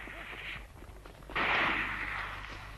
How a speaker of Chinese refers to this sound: 这个时候罗金宝嗖的一声拨开了两把刺刀，掏出了枪，冲着两个汉奸啪啪就是两枪。